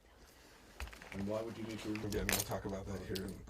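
An oxygen mask's bayonet fitting is pushed, pulled up and slid out of the side receiver of a flight helmet, giving three quick clicks at 0.8, 0.9 and 1.0 seconds. The mask comes free of the helmet receiver, and then someone talks.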